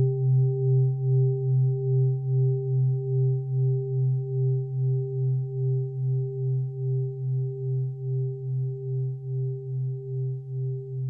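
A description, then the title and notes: A steady low 128 Hz tone hums throughout, with a fainter, higher tone held above it. The sound pulses gently and evenly, swelling about twice a second, and stays soft and smooth with nothing bright or sharp and no other sounds. 128 Hz.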